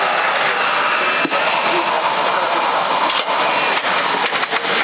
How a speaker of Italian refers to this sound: Sto usando l'alimentatore cinese e c'è la ventolina, capito? E quindi, siccome la camera è vuota, si sente.